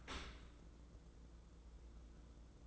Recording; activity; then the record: daily activity, microphone in the room; open dishwasher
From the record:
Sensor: 3